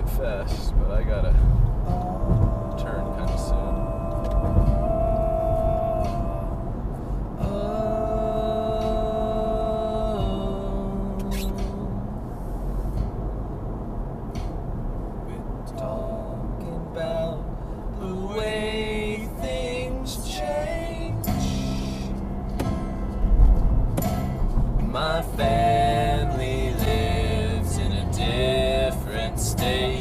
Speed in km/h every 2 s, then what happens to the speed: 84, 79, 76, 69, 68, 66, 68, 66, 64, 63, 63, 61, 63, 64, 68.
0-9 slows to 66. 9-23 steady at about 64. 23-30 speeds up to 68.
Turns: none.